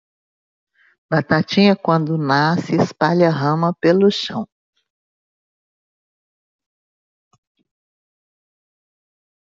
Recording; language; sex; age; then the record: short text; Brazilian Portuguese; female; 50 to 59 years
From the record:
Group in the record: control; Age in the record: 59 years